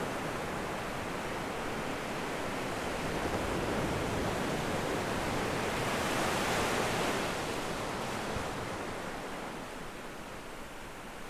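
Ocean surf roars in a steady, dense wash of hiss and rumble, with no distinct breaks between waves. The sound swells gently, peaking around six to seven seconds as a wave surges, then eases back slightly toward the end.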